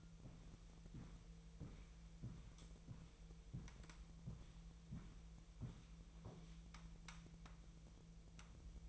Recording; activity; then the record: daily activity, microphone in the room; walk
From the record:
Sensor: 1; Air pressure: 1002.1 hPa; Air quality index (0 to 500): 235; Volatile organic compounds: 89 ppm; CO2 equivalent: 3678 ppm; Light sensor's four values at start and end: 8/19/8/9 and 8/19/8/9